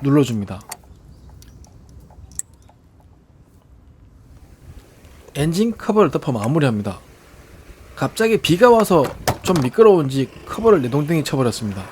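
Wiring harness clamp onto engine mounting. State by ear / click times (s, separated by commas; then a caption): seated / 2.4 s. A wiring harness cable clamp is pressed onto its engine mounting so that its fixing pin inserts, on a Chevrolet (Orlando, Malibu, Captiva, Cruze) during a glow plug replacement. A few faint ticks lead up to one sharp click at 2.4 s as the clamp clicks home and seats. Someone talks before and after.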